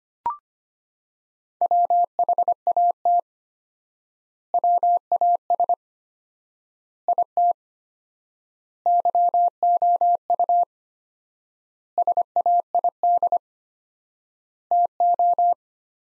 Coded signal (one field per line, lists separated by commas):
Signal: Morse code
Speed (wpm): 25 wpm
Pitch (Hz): 700 Hz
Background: none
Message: WHAT WAS IT YOU SAID TO